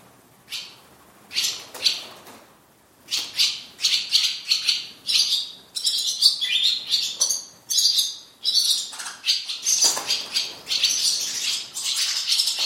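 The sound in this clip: Barn swallow chatter, a long run of scratchy chirps in rapid bursts.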